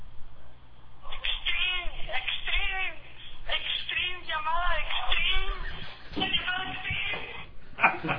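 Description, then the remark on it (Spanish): A trendy mobile phone ringtone plays: tinny, warbling voice-like tones in quick repeating phrases that rise and fall, steady and fairly loud for several seconds after a brief quiet start. “Ah, bueno, vamos a escuchar un ringtone que está de moda”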